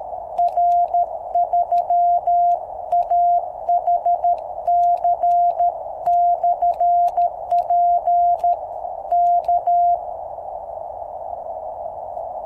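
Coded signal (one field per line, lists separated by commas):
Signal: Morse code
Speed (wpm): 13 wpm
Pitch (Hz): 700 Hz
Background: none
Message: R3AHC/P K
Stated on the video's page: QRP CW on QCX-mini transceiver powered by 3x18650 cells, 10 m end-fed antenna with 1:64 balun on 7 m fishing-pole mast.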